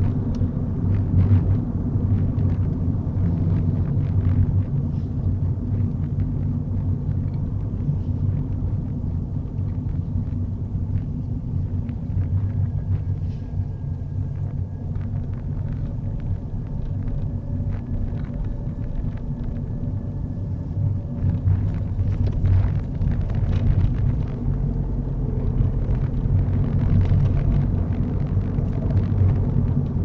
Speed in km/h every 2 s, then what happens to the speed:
34, 29, 26, 24, 23, 16, 16, 21, 23, 23, 19, 24, 27, 32, 34.
0-10 slows to 16. 10-16 speeds up to 23. 20-30 speeds up to 34.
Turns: none.